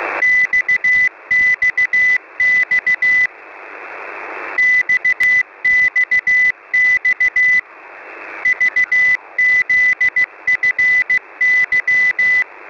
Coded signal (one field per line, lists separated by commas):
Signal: Morse code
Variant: Russian alphabet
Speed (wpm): 15 wpm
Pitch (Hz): 2000 Hz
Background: none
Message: ЬЬЬ ЬЬЬ ЖЗФЫ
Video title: |Autumnal CW| 5378kHz ЖЗФЫ(ZhZFY) Message 23th October 2020 12:19 UTC